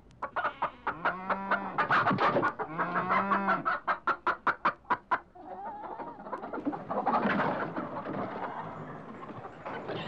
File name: Hen house sounds hogs in the background